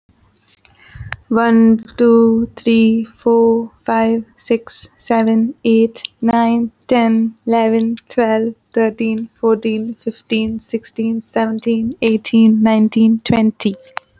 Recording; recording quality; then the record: counting at a normal pace; excellent, no background noise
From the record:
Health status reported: healthy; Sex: female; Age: 23 years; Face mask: not worn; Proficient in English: yes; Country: India